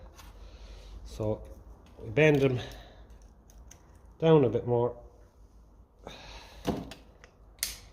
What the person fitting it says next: There we go. You want to hear a click.